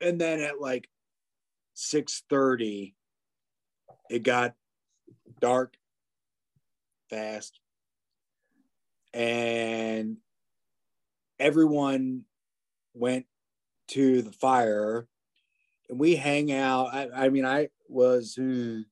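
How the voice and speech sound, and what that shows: Halting adult male speech, single words and short phrases split by long pauses: effortful, fragmented output of aphasia following stroke or traumatic brain injury, in a speaker working to improve his talking.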